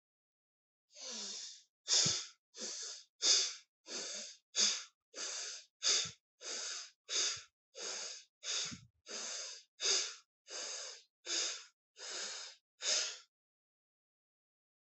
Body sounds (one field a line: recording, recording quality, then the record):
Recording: shallow breathing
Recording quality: excellent, no background noise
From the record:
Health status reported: healthy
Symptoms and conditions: none ticked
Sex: male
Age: 30 years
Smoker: not ticked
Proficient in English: yes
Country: India